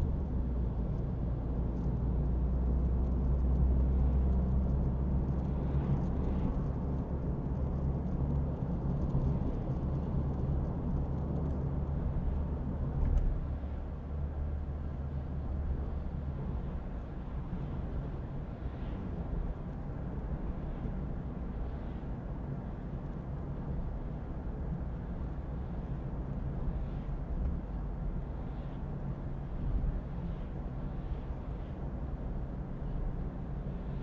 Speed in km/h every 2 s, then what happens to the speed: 35, 44, 50, 54, 58, 63, 64, 65, 66, 67, 68, 68, 70, 70, 70, 69, 67.
0-10 speeds up to 63. 10-34 steady at about 67.